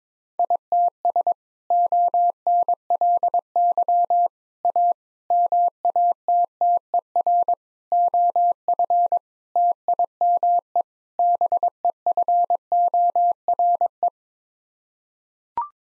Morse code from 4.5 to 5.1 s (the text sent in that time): A